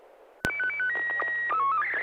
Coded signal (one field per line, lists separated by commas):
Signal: SSTV (slow-scan television)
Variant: Scottie 1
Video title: N6NA SSTV Net - 11/19/2025